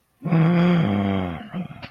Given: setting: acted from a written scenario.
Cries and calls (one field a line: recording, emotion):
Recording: vocal sound without words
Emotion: desire